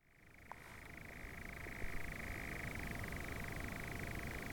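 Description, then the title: Nightjar churring, a continuous dry mechanical trill held at one steady pitch that builds in from the start, over a low rumbling background. More than one nightjar. "Nightjars and a passing car"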